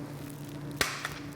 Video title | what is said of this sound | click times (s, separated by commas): Custom Color 'Chevrons' for Vespa GTS Horn Cover Grill | and then they pop all out and at this point you can even put the horn cover back on | 0.8 s